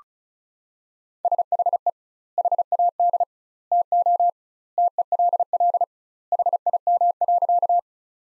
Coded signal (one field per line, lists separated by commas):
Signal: Morse code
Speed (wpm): 36 wpm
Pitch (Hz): 700 Hz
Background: none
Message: SHE HAD TO TELL HIM.